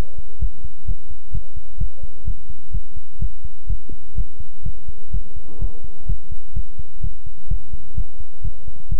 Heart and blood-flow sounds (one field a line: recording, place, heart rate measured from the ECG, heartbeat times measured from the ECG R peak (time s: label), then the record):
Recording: heart sounds by stethoscope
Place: between the tricuspid and mitral areas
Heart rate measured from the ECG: 127 bpm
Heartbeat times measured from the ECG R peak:
0.39 s: heartbeat
0.85 s: heartbeat
1.32 s: heartbeat
1.78 s: heartbeat
2.25 s: heartbeat
2.71 s: heartbeat
3.19 s: heartbeat
3.67 s: heartbeat
4.15 s: heartbeat
4.63 s: heartbeat
5.11 s: heartbeat
5.59 s: heartbeat
6.06 s: heartbeat
6.53 s: heartbeat
7.01 s: heartbeat
7.48 s: heartbeat
7.95 s: heartbeat
8.42 s: heartbeat
8.89 s: heartbeat
From the record:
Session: pedaling a stationary bicycle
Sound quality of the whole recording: good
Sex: male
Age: 24 years